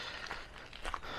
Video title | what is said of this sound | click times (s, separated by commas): Can I Get My Cheap Tow Truck Road Legal Again? | It doesn't want to lock into place. | none